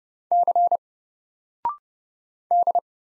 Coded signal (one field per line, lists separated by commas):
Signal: Morse code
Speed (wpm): 30 wpm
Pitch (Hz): 700 Hz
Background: none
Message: C D